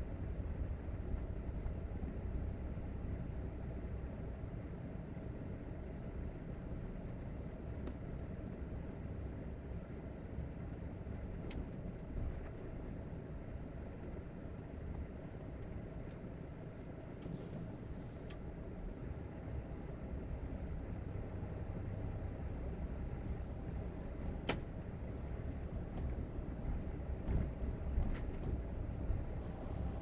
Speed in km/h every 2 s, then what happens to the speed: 31, 32, 32, 32, 31, 31, 27, 19, 16, 23, 24, 27, 29, 32, 35.
0-10 steady at about 31. 10-14 slows to 19. 17-30 speeds up to 35.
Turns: none.